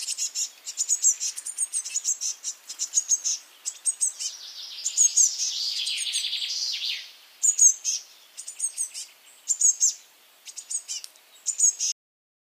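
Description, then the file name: Eurasian blue tit calls: quick series of high chirps, then a longer buzzy churr in the middle, followed by more clipped high notes. "Cyanistes caeruleus"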